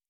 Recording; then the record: hydrophone in a shrimp aquaculture tank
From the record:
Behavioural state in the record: normal